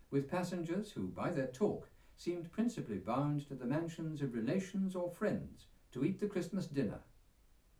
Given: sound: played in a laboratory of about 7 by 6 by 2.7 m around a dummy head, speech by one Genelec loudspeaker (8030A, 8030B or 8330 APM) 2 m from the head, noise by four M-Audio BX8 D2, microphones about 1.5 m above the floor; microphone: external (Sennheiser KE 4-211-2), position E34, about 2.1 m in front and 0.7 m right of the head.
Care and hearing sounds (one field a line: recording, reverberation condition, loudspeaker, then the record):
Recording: male speech in English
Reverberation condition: low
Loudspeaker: 120 degrees to the left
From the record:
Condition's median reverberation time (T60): about 310 ms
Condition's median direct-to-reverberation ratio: about 3.5 dB